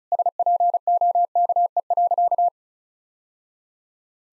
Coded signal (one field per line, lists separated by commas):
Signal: Morse code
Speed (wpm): 36 wpm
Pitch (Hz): 700 Hz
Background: none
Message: SPOKE.